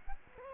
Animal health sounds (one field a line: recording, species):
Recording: mosquito wingbeat signal from an infrared sensor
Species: Aedes aegypti